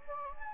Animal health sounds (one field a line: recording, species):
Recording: mosquito wingbeat signal from an infrared sensor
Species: Anopheles gambiae